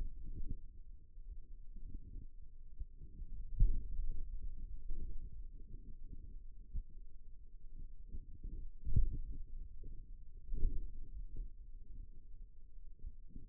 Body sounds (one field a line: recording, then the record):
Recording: forearm muscle sounds (acoustic myography)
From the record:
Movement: finger pinch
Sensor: system 2, bracelet of six BSWA MPA416 microphones around the upper forearm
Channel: 4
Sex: male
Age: 22 years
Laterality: right